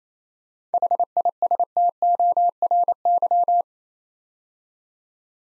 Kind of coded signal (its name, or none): Morse code